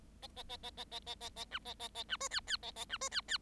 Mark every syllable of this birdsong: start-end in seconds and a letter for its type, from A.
0.22-0.27 A, 0.36-0.43 A, 0.49-0.57 A, 0.63-0.70 A, 0.77-0.84 A, 0.91-1.00 A, 1.06-1.15 A, 1.20-1.29 A, 1.36-1.44 A, 1.51-1.59 B, 1.65-1.74 A, 1.79-1.88 A, 1.95-2.03 A, 2.08-2.17 B, 2.20-2.28 C, 2.30-2.40 D, 2.47-2.57 D, 2.62-2.71 A, 2.76-2.84 A, 2.89-2.97 B, 3.01-3.09 C, 3.11-3.21 D, 3.28-3.38 D